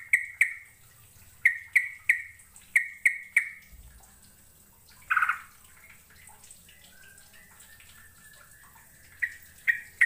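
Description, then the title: Bird calls: sharp repeated notes near one pitch, each with a short tail, given in quick bursts with pauses, plus a broader, harsher note midway. "Kicau Burung"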